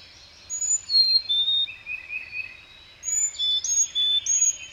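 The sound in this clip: Songbird sings piercing whistles and falling slurs in one phrase, pauses, then repeats a similar bright whistled phrase over a soft background hiss.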